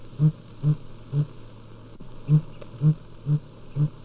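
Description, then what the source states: Sooty grouse hooting, deep soft hoots given in a short phrase of three, then another phrase of four, about half a second apart. Hooting from the tops of firs and spruces, familiar in the Rocky Mountain area; this bird was calling in Yosemite National Park.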